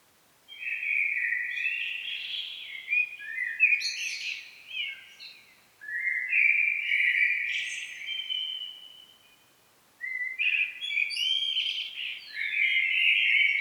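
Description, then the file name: Common blackbird song: several warbled phrases of fluty notes mixed with high scratchy twitters, separated by short pauses. "Turdus merula"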